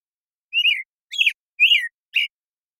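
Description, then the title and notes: American Robin song: four clear whistled caroling phrases, the first and third sliding downward, the last a short note, separated by brief pauses against a silent background. Morning song in a very long sequence, Pacific Northwest, Washington, United States; parabolic microphone recording, processed clean for clarity with natural pacing and rhythm kept. "American Robin, Turdus migratorius, morning song, very long sequence, parabolic recording, processed clean for clarity, natural pacing and rhythm maintained, family Thrushes and Allies, order Passeriformes Recorded in the beautiful Pacific Northwest, Washington, United States"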